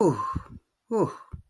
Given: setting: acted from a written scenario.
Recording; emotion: vocal sound without words; relief